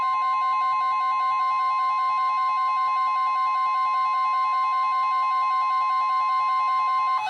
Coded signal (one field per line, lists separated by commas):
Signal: Emergency Alert System (SAME) tones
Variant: 1050 Hz attention tone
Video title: EAS #671-#696: Build a Boat? | KHB36, WNG736, & KEC83